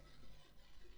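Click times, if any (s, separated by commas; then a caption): none. Two small plastic flaps on the analog stick potentiometer assembly of a Scuf Reflex PS5 controller are handled before being pressed together. Only a steady low hum and faint handling noise are heard. Nothing has seated or clicked yet.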